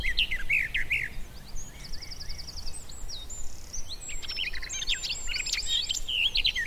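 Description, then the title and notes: Garden warbler singing a hurried, bubbling warble of mixed notes, including a short buzzy rattle, over a faint low background hum. Male singing in spring on a scrubby hillside with hawthorns in bloom; a migrant; described as fluted and rather frenetic; recorded by Fergus Collins. "Sound escape 65: be enchanted by the little-known song of the garden warbler. the scrubby hillside hawthorns burst into bloom. a male garden warbler into his fluted song. Recorded by Fergus Collins"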